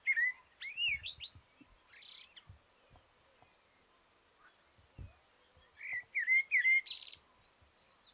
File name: Turdus merula